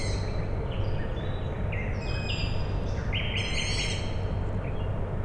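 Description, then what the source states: Owl chicks give short, high squeaky calls in bursts over a steady low industrial hum. Owl chicks calling at night, Tuesday 21 May 2019, Michałkowice, Siemianowice Śląskie, Poland; industrial plant in background; Zoom H5, Audio-Technica BP4025.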